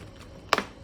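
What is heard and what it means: The fourth plastic clip of a headphone ear pad ring is pressed into the ear cup and snaps in with a sharp, bright click at 0.5 s, followed by a softer second tick at about 0.6 s. The rest of the clip is a quiet, low background hum. The clip is seated.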